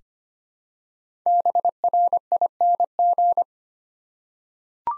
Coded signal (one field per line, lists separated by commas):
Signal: Morse code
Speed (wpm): 25 wpm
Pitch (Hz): 700 Hz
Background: none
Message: BRING